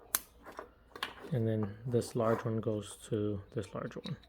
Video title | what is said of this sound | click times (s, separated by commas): HID BULB KIT INSTALL on my 2010 MK5/MKV Volkswagen Jetta 2.5L 5 Cylinder! | Connect them until they click. | 0.1 s